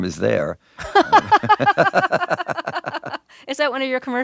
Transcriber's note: soundbite of laughter